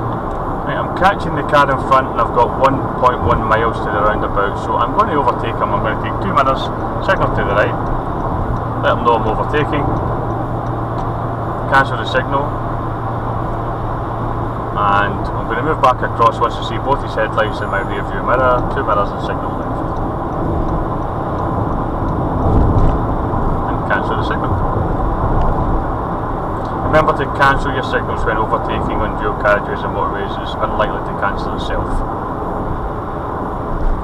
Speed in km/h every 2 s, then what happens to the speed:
93, 95, 98, 101, 101, 101, 101, 100, 98, 98, 97, 97, 97, 97, 93, 93, 92.
0-12 speeds up to 101. 12-34 slows to 92.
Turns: none.